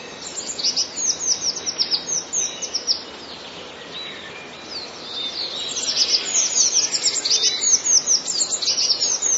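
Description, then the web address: Eurasian blue tit song: rapid high thin chirps and downslurred notes, bursts in the first three seconds, then a denser run of twittering toward the end over steady background hiss. "wroblowe teka spiew. modraszkoteka"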